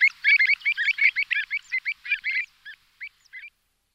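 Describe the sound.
Pied avocet calls in a rapid excited run of fluty notes, thinning out into a few spaced calls before stopping.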